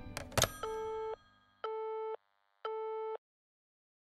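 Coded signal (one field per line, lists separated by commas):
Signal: none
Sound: phone call end tones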